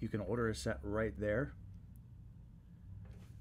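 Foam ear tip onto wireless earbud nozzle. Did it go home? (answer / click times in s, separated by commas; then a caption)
no / none. Someone handles a Central Sound memory foam replacement ear tip for an Apple AirPods Pro wireless earbud, which will be lined up and pushed onto the earbud nozzle until it clips on. Someone talks for the first 1.5 seconds, then there is a quiet low hum with a faint brief tick at about 2.0 seconds and soft rustling near 3.1 seconds. Nothing has seated or clicked yet.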